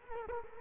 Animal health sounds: mosquito wingbeat signal from an infrared sensor; Culex quinquefasciatus

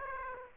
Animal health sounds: mosquito wingbeat signal from an infrared sensor; Aedes aegypti

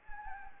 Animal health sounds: mosquito wingbeat signal from an infrared sensor; Anopheles gambiae

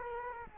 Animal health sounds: mosquito wingbeat signal from an infrared sensor; Culex quinquefasciatus

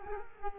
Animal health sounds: mosquito wingbeat signal from an infrared sensor; Culex quinquefasciatus

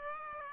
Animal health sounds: mosquito wingbeat signal from an infrared sensor; Aedes aegypti

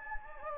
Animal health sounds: mosquito wingbeat signal from an infrared sensor; Anopheles gambiae

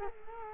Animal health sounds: mosquito wingbeat signal from an infrared sensor; Culex quinquefasciatus

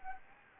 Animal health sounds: mosquito wingbeat signal from an infrared sensor; Anopheles gambiae

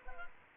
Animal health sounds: mosquito wingbeat signal from an infrared sensor; Culex quinquefasciatus

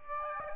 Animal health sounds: mosquito wingbeat signal from an infrared sensor; Aedes aegypti

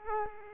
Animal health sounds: mosquito wingbeat signal from an infrared sensor; Culex quinquefasciatus

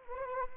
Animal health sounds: mosquito wingbeat signal from an infrared sensor; Anopheles arabiensis

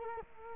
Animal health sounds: mosquito wingbeat signal from an infrared sensor; Culex quinquefasciatus

